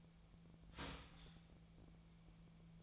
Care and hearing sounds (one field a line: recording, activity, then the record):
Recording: daily activity, microphone in the room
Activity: start toaster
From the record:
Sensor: 1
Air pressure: 1009.3 hPa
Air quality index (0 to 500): 195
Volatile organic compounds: 19 ppm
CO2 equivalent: 2669 ppm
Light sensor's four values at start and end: 27/70/29/35 and 28/71/29/35